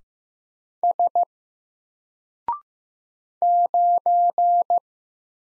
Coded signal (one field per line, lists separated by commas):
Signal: Morse code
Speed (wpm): 15 wpm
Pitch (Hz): 700 Hz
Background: none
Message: S 9